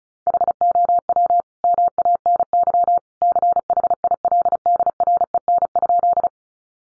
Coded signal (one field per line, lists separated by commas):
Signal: Morse code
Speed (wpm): 34 wpm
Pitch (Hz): 700 Hz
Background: none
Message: HOW MANY CHILDREN?